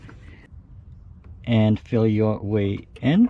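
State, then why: Not seated. A winch remote control plug, arrow and tab on top, is lined up and felt into the socket on the winch control box. Someone talks while small handling sounds are heard. Nothing has clicked or seated yet.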